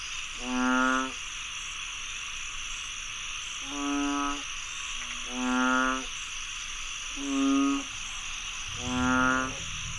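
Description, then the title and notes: Frogs giving five separate nasal croaks, well spaced, against a continuous high buzzing background. Frogs croaking after heavy rainfall in Chiang Mai, Thailand. "Frogs croaking after heavy rainfall in Chiang Mai, Thailand. Alex Boyesen"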